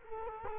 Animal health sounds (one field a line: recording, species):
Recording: mosquito wingbeat signal from an infrared sensor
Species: Culex quinquefasciatus